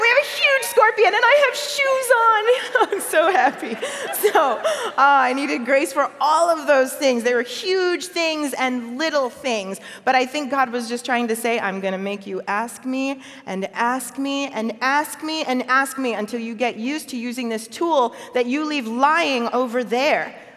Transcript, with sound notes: We have a huge scorpion, and I have shoes on! And I'm so happy.” (laughter) I needed grace for all of those things. There were huge things and little things, but I think God was just trying to say, “I'm going to make you ask Me and ask Me and ask Me and ask Me until you get used to using this tool that you leave lying over there.”